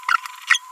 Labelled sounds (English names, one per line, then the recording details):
Green-rumped Parrotlet babbling
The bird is a female
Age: 28 days
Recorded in a nest box in Venezuela
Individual 17B42B3